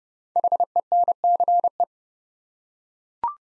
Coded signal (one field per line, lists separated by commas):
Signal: Morse code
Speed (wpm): 30 wpm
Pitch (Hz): 700 Hz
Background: none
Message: HENCE